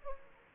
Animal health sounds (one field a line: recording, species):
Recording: mosquito wingbeat signal from an infrared sensor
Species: Aedes aegypti